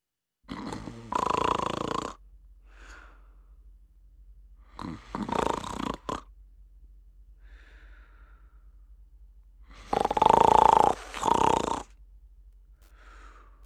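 Three loud, harsh, rattling snores come on the in-breath, about four to five seconds apart (roughly 13 breaths a minute). Each is followed by a soft, faintly whistling out-breath. This is ordinary snoring.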